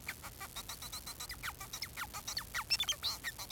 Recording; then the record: song of a male Bengalese finch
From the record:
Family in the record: son of father 4